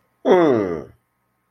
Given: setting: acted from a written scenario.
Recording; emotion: vocal sound without words; amusement